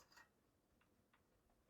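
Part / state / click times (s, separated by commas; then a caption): 8-pin CPU power connector into motherboard header / not seated / none. An 8-pin EPS CPU power connector is being handled and lined up, tab on top, with the header on an MSI MPG B550 Gaming Carbon WiFi motherboard. Only a few faint, short ticks are heard, near 0.2, 0.8, 1.1, 1.5 and 1.7 s, over a low steady background. Nothing has seated or clicked yet.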